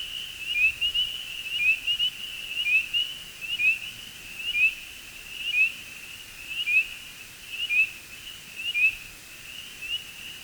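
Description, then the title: Spring peeper chorus of high, sharply rising peeps that swells in pulses about once a second over a constant whistling drone. Chorus in early spring; a persistent drone of delicate whistle-like peeping. "Spring Peepers and two other frog species calling in early spring"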